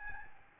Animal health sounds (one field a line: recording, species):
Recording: mosquito wingbeat signal from an infrared sensor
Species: Aedes albopictus